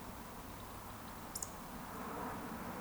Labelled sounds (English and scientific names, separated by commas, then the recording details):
Eurasian Woodcock (Scolopax rusticola) whistle
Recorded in Baden-Württemberg, Germany, on 13 June 2020 at 20:38 UTC
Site 14569, 102 m above sea level